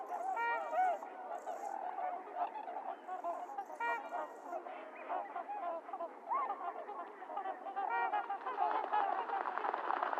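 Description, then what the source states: Trumpeter swans giving a dense chorus of overlapping nasal, horn-like honks, some rising and falling, calling continuously throughout. Several swans recorded on 28 January 2022; the recording is low-cut filtered.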